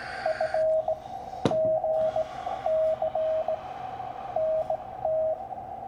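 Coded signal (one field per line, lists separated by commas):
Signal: Morse code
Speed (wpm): 19 wpm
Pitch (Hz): 630 Hz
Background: radio noise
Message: FGC NT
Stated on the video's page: CW contact made while band surfing with poor propagation, QRN and QSB, on an FT-891 with a 40-10 meter end fed half wave wire antenna.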